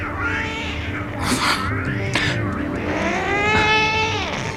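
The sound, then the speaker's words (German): Two tomcats yowl and caterwaul in a loud, drawn-out fight, their wavering, rising and falling cries overlapping, with a couple of harsh spitting bursts in between. “Zwei Kater können dich erschrecken, Brunks.”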